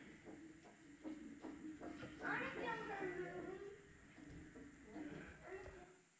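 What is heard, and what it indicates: Rapid, evenly spaced whooshing pulses at roughly 160 a minute, partly covered by a young child's voice as the fetus's older brother talks with his hand on his mother's belly. This is a fetal heartbeat picked up by ultrasound at about 18 weeks of gestation, a normal fast rate for a fetus.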